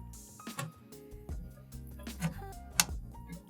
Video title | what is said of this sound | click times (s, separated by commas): A Beginner's Guide to Bulding a PC | should snap right into place and | 2.8 s